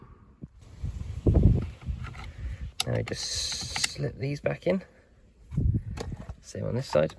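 While refitting a clock spring on a Nissan Qashqai steering column, a plastic wiring connector is handled and slipped back toward its socket on the second side, with rustling, light plastic taps and someone talking. The connector has not clicked into place or seated yet when the clip ends.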